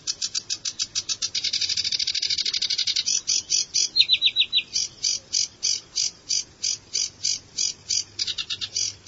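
Bird giving rapid, high, repeated chirps in fast bursts, with a quicker trilled run near the middle and steady pulsing notes to the end.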